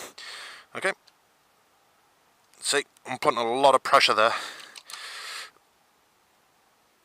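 Long-reach timing locking bolts sit through the camshaft holes of a Derbi Terra Adventure 125 motorcycle engine to lock the cams for setting the timing, and the cam is pressed hard to show it won't turn. Someone talks throughout, with a few brief knocks and handling noises around 0.2, 2.5 and 4.8 seconds. Nothing has clicked or seated yet.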